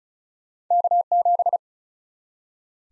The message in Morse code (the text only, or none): K7